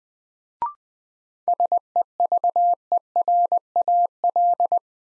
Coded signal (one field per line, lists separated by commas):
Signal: Morse code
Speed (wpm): 20 wpm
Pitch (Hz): 700 Hz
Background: none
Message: SEVERAL